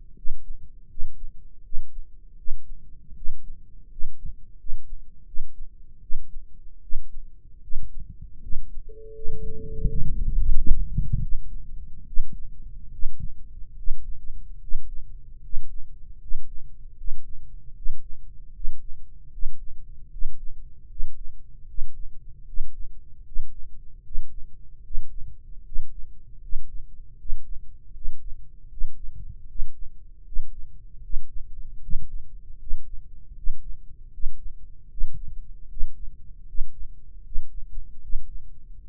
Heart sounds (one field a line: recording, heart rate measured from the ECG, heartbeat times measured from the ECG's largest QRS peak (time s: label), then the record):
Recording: heart sounds by microphone in the right ear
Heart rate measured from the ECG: 78 bpm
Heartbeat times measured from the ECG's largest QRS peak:
0.14 s: heartbeat
0.87 s: heartbeat
1.62 s: heartbeat
2.35 s: heartbeat
3.14 s: heartbeat
3.88 s: heartbeat
4.56 s: heartbeat
5.24 s: heartbeat
5.99 s: heartbeat
6.80 s: heartbeat
7.60 s: heartbeat
8.39 s: heartbeat
9.12 s: heartbeat
9.86 s: heartbeat
10.54 s: heartbeat
11.19 s: heartbeat
12.05 s: heartbeat
12.90 s: heartbeat
13.74 s: heartbeat
14.58 s: heartbeat
15.39 s: heartbeat
16.17 s: heartbeat
16.94 s: heartbeat
17.72 s: heartbeat
18.51 s: heartbeat
19.28 s: heartbeat
20.08 s: heartbeat
20.86 s: heartbeat
21.64 s: heartbeat
22.43 s: heartbeat
23.22 s: heartbeat
24.01 s: heartbeat
24.81 s: heartbeat
25.62 s: heartbeat
26.39 s: heartbeat
27.16 s: heartbeat
27.91 s: heartbeat
28.68 s: heartbeat
29.46 s: heartbeat
30.23 s: heartbeat
31.00 s: heartbeat
31.80 s: heartbeat
32.58 s: heartbeat
33.34 s: heartbeat
34.10 s: heartbeat
34.88 s: heartbeat
35.68 s: heartbeat
36.45 s: heartbeat
37.22 s: heartbeat
38.00 s: heartbeat
38.80 s: heartbeat
From the record:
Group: healthy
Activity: rest 0-8 s, breath hold 8-38 s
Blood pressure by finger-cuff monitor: 122/73 mmHg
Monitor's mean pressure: 86 mmHg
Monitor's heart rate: 77 bpm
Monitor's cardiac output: 6.2 L/min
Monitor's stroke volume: 81 mL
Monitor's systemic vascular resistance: 980 dyn s/cm5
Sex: male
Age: 21 years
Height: 180 cm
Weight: 67.5 kg